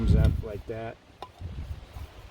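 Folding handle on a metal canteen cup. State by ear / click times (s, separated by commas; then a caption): seated / 1.2 s. Someone talks as the folding wire handle of a metal canteen cup is swung up into position. A short, sharp click sounds at 1.2 s as the handle locks open in place, followed by quiet low rustling.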